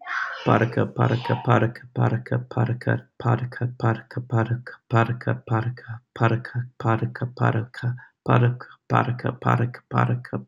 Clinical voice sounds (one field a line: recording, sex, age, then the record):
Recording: repeated syllables /pa ta ka/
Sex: male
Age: 40 to 49 years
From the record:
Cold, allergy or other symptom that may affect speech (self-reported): no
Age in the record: 44 years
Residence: California, United States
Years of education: 16